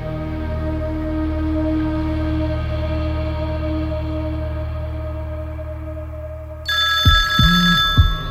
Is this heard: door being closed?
no